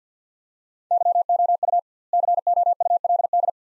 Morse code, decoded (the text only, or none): YOU COULD